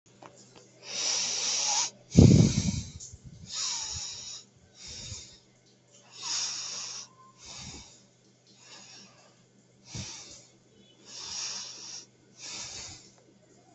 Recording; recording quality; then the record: shallow breathing; excellent, no background noise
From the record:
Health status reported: healthy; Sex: male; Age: 33 years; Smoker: yes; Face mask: not worn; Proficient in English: yes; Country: India